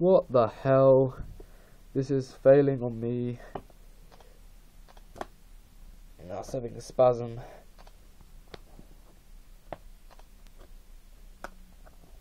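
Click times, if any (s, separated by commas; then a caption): none. Someone talks while handling a third-party plastic smart cover, pressing its hinge against the side edge of a tablet. A few faint, sharp plastic ticks and light handling noises follow after the talking stops. Nothing has seated or clicked yet; the cover is not yet home by the end of the clip.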